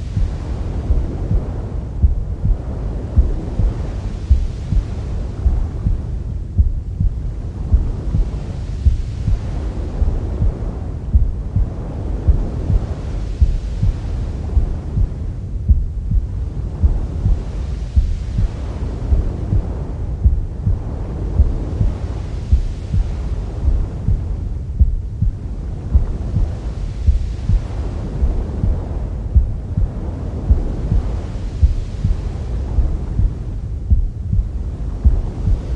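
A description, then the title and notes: A calm womb sound: a deep, steady throbbing pulse repeating about every two seconds under a constant low muffled rumble, even throughout. Calm Womb Sound.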